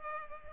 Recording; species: mosquito wingbeat signal from an infrared sensor; Culex pipiens